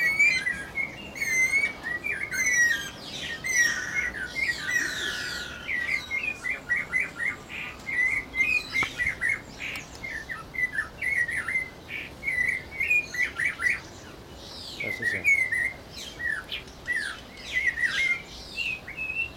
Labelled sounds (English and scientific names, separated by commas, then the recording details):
Guira Cuckoo (Guira guira)
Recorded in captivity
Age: adult
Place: Zoo Berlin, Berlin, DE
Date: 1992-05-09 11:33
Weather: wolkig, 11-14°C
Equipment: Nagra SN, Mikrofon AKG CK 8, Kopie Tesla B 116
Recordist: Tembrock, Günter